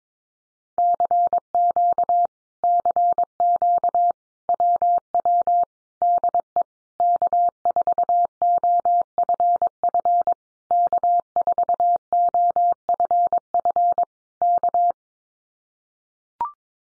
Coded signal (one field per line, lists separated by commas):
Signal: Morse code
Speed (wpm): 22 wpm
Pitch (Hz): 700 Hz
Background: none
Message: CQ CQ WW DE K4OFF K4OFF K